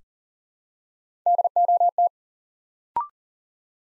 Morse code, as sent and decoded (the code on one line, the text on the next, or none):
-.. --- -
DOT